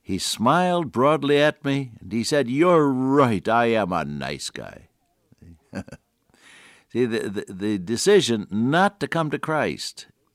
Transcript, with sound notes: He smiled broadly at me, and he said, “You’re right, I am a nice guy.” [chuckle] See, the decision not to come to Christ